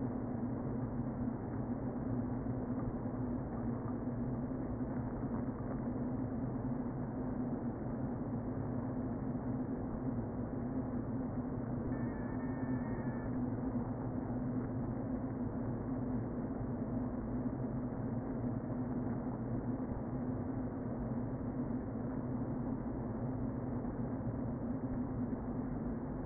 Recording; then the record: honeybee colony, microphone inside the hive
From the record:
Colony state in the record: queen present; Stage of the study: before two queens were removed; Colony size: about 60,000 bees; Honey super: yes